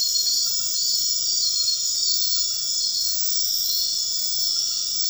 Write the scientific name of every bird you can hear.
none